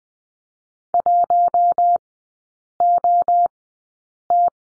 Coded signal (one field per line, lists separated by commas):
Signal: Morse code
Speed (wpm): 20 wpm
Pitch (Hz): 700 Hz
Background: none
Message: 1OT